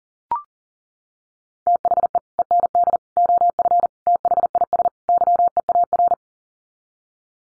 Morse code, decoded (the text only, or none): THE END OF THIS YEAR